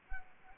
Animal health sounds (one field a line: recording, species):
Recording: mosquito wingbeat signal from an infrared sensor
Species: Anopheles arabiensis